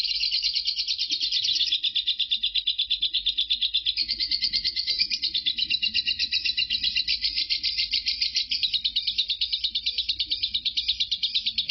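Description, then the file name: Lovebird ngekek song: a dense, buzzy high trill delivered without pause, shifting slightly in tone partway through, over a faint low background rumble. Lovebird Marco performing ngekek; the ngekek recording lasts 5 minutes 25 seconds. "suara burung lovebird Marco ngekek"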